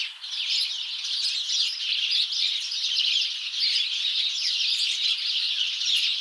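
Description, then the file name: House sparrows in constant chatter, a dense mass of harsh chirps and squawks without breaks. "Passer domesticus"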